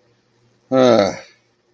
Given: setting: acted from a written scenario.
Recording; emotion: vocal sound without words; embarrassment